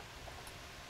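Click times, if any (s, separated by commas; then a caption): none. A three-wire plastic harness connector is handled at the side port of a Whelen PCC8R 8-function lighting relay control box, not yet pushed home. Only a steady, faint broadband hiss with a low rumble is heard, with no distinct clicks. Nothing has seated or clicked yet.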